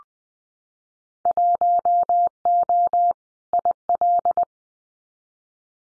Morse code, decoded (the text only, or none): 1O IL